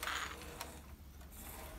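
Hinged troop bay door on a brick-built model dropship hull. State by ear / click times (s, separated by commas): seated / 0.0 s, 0.6 s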